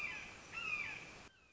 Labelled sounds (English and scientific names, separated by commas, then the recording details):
Red-shouldered Hawk (Buteo lineatus)
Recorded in Sonoma County, California